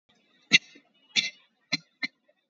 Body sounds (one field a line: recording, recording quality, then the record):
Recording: shallow voluntary cough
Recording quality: moderate, slight background noise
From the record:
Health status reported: COVID-19 positive, moderate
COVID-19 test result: positive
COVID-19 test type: RT-PCR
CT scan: taken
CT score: 3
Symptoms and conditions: cough, sore throat, fever, fatigue, muscle pain, diabetes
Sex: female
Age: 62 years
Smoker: no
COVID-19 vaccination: one dose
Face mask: worn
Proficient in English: yes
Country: India